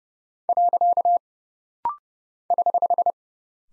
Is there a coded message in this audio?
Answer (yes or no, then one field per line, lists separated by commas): yes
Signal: Morse code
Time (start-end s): 0.5-3.1 s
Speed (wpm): 29 wpm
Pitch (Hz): 700 Hz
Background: none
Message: . <HH>